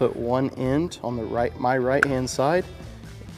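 Someone talks while placing one end of a plastic flip switch on the right-hand side of a Lowrance Recon trolling motor foot pedal housing. The switch is only being handled, and nothing has seated or clicked into the pedal yet.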